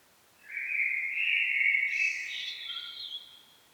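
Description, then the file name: Common blackbird giving one sustained, melodious fluted phrase that climbs into a higher, thinner twitter at the close. "Turdus merula"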